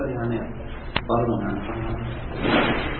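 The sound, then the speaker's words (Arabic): A door opens during a recorded lesson, with one sharp click of the latch about a second in, followed by a soft rush of movement, while a muffled voice murmurs steadily underneath. “هاي يأتي على التسجيل شيخنا لأخذ فتح الباب هذا.”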